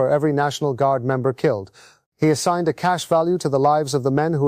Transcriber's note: none